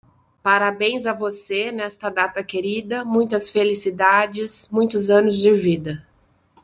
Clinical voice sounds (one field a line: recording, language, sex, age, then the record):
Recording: short text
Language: Brazilian Portuguese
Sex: female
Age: 40 to 49 years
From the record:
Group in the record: control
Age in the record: 48 years